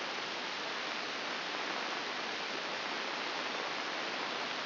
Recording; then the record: brain microelectrode recording played as sound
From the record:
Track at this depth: outside the subthalamic nucleus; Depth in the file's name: 6.461 mm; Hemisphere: left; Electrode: 2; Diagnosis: Parkinson's disease